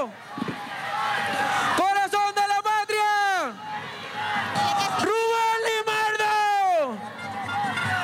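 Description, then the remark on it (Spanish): A large crowd in a square in central Caracas, Venezuela, chants in unison "Rubén Limardo, corazón de la patria" over a steady roar of voices, two long drawn-out sustained calls rising and then falling away, with sharp percussive bursts and general hubbub filling the background. “corazón de la patria, se grita en la Plaza Oliari, en el centro de Caracas.”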